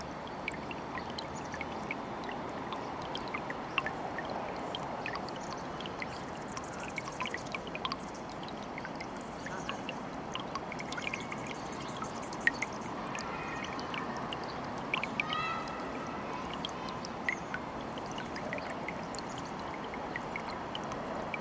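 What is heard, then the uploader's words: An urban park in downtown Portland, Oregon, where a steady rush of running water fills the whole scene without letup. Short clicks and small chirps pop up throughout, with a few brief duck-like calls, over a faint low city hum. Downtown Portland, Oregon at Tanner Springs City Park.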